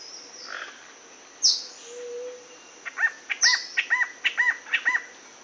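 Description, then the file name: Rio Branco antbird song: a quick series of several arched notes in the second half, with sharp high notes also heard. "canto do chororo do rio branco"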